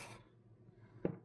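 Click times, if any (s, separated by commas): 1.0 s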